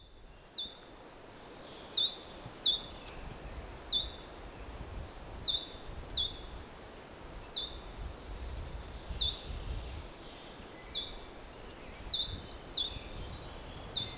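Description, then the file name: Great tit repeating a high-low two-note phrase many times, with short gaps between. "Parus major"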